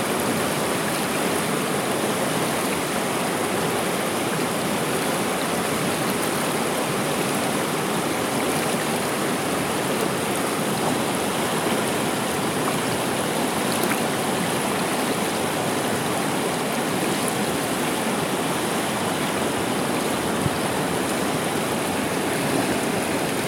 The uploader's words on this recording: Celtic Rainforest, Wales - August 2020. Rain falls and the stream flows.